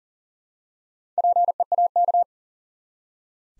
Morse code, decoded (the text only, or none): PEAK